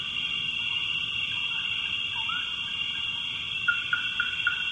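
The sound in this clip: Frogs calling in a dense chorus, a constant high drone plus a rising croak and a quick run of short repeated notes near the end.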